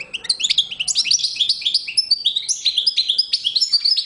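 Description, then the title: European goldfinch song, an unbroken stream of quick, bright chattering notes and slurred twitters, high and lively throughout. "chardonneret"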